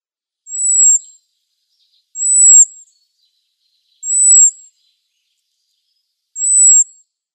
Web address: Schulze Peter European Robin calls